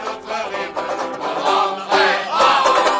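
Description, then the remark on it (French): At night, a clamoring crowd of children and adults who live along the roads shouts at once, a loud, dense mass of overlapping high and low voices that swells in bursts without any single clear word standing out. “Eh bien si, dès ce premier soir, il réussit à drainer une cohorte vociférante de gamins et d'adultes qui vivent le long des routes.”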